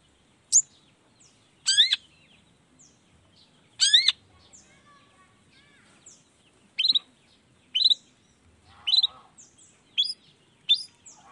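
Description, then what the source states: Long-tailed shrike song of scattered notes, some sharp downslurred whistles and some short harsh bursts, spaced irregularly. Morning recording featuring 'toet toet' notes and voice variations, played to stimulate lazy, silent shrikes to start singing along.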